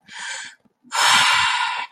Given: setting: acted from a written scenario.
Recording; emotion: vocal sound without words; relief